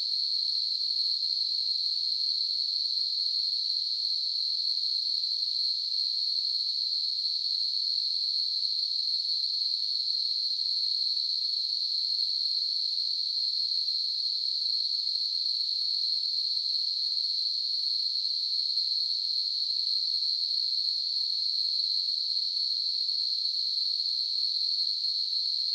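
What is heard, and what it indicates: A simulated tinnitus sound: a steady, high-pitched hiss of narrow-band noise centered near 4 kHz, holding at the same level without change for the whole duration, with nothing in the low frequencies.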